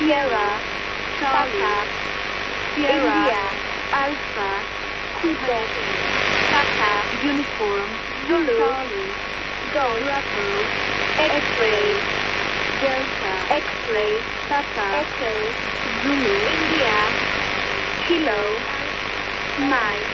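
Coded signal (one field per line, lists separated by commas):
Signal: numbers station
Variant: E10, English phonetic alphabet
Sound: voice reading phonetic-alphabet letters one by one, evenly paced, over steady radio hiss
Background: radio static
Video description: Numbers station (probably E15 or E10 - Mossad) received on 14th February 2010 at 01:34 UTC on 6840 kHz USB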